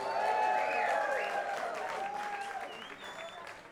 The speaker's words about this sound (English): Also a big applause for the volunteers.